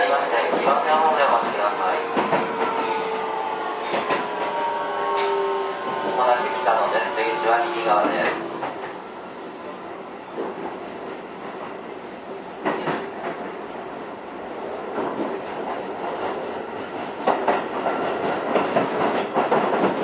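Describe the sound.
A Keio 9000 series train runs along, its motor whine falling in pitch during the first eight seconds, with rumbling and occasional clicks and knocks.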